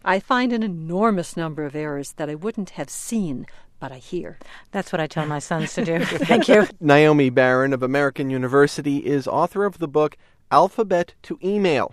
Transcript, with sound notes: I find an enormous number of errors that I wouldn't have seen, but I hear.
That's what I tell my sons to do -- thank you! (laughter)
Naomi Baron of American University is author of the book "Alphabet to Email: